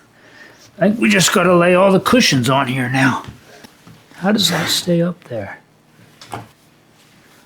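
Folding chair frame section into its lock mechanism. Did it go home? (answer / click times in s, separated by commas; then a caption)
yes / 6.3 s. Someone talks while a movable section of a 3-in-1 convertible chair frame (chair, lounge and bed in one) is raised into its lock mechanism. After the talking stops, a short sharp click at 6.3 s marks the section locking into place.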